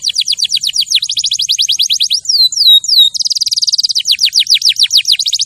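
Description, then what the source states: Canary in full song: a run of quick falling whistles, two slower slurred notes, then a tight buzzing trill and more rapid repeated sweeps. Champion canary song used as a master recording for training other birds to sing.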